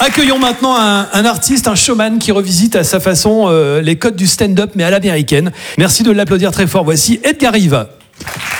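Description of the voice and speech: An adult host speaks French clearly and fluently, introducing a stand-up comedian at a comedy club with lively stage intonation; the speech sounds normal.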